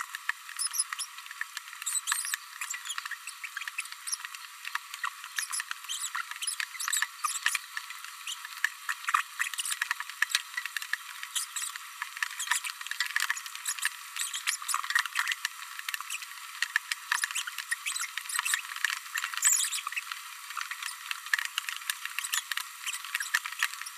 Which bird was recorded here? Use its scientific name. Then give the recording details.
Forpus passerinus. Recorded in a nest box in Venezuela. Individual 18B104A3